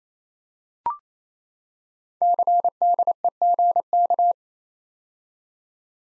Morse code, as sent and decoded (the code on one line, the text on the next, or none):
-.-. -.. . --. -.-
CDEGK